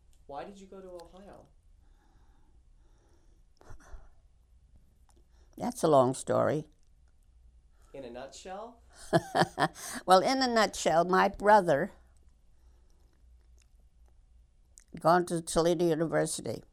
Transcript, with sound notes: Why did you go to Ohio?
That's a long story.
In a nutshell?
( she laughs ) Well, in a nutshell, my brother had gone to Toledo University.